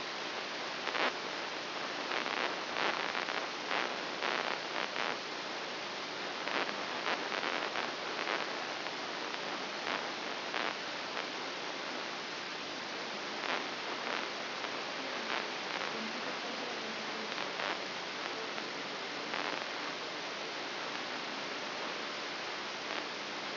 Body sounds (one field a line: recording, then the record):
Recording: brain microelectrode recording played as sound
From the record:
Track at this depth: inside the subthalamic nucleus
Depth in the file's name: 6.904 mm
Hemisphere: left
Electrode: 3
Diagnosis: Parkinson's disease